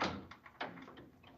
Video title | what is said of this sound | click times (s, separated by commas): NEMA TS-2 Signal Cabinet Troubleshooting | what I'm gonna do is I'm gonna pop that back in you can hear it click and | 0.6 s